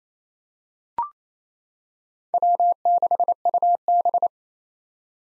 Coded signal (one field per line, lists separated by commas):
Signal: Morse code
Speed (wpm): 28 wpm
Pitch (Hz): 700 Hz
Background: none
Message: W6UB